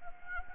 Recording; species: mosquito wingbeat signal from an infrared sensor; Anopheles gambiae